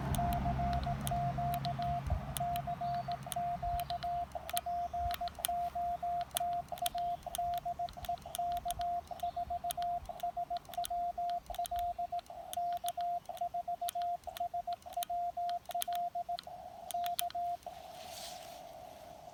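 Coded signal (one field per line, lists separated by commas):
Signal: Morse code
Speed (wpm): 18 wpm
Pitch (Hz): 700 Hz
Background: radio noise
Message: CQ CQ POTA DE K4SWL K4SWL K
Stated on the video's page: CW during a Blue Ridge Parkway park activation using a lab599 TX-500 and a CHA MPAS 2.0 antenna.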